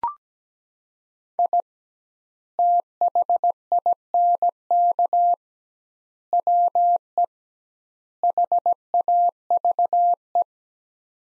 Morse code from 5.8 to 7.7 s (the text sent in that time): WE